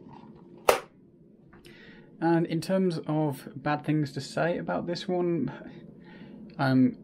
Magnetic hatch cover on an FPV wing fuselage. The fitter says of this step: quickly and easily and snap into place with the magnets and it's the same for the back one there